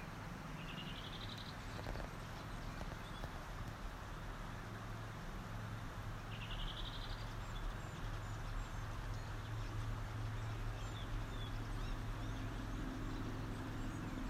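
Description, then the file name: Bird giving a short, rising, buzzy trilled phrase, heard twice about six seconds apart, over a constant low engine rumble. "fugl"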